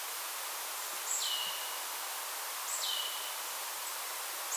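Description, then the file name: Marsh tit giving two faint falling calls, a high pip dropping to a lower tone, with a third just starting at the end, over hiss. "Poecile palustris"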